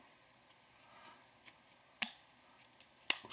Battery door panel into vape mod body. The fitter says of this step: in like that a screw popping like that and that helps lock into place now